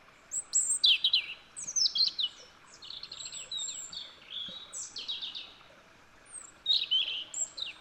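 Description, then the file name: European robin pouring out rapid, high warbling phrases of descending slurs and thin whistles, several phrases in quick succession with short pauses, faint hiss behind. "Erithacus rubecula"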